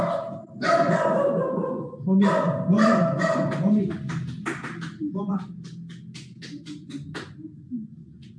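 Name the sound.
dog barking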